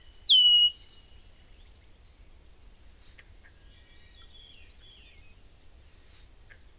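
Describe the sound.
Red-winged blackbird giving thin, high, down-slurred whistles, three spaced a few seconds apart, with faint softer notes between them.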